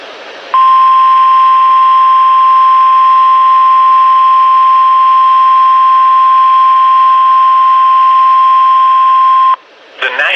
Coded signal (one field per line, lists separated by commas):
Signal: Emergency Alert System (SAME) tones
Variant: 1050 Hz attention tone